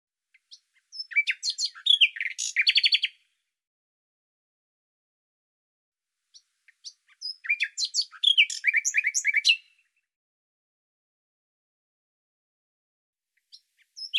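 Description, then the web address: Bird song in two long bursts separated by silence, each a jumble of high chirps, sweeps and rapid trilled notes. A third phrase begins at the end. "Deverinetal 2025"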